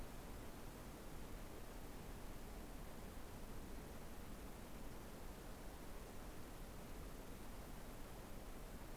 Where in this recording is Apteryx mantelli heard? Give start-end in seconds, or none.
none